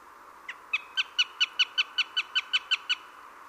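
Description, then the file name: Eurasian jay calls: a quick series of over a dozen short, ringing notes with harmonics, at a fairly steady pace. "Garrulus glandarius"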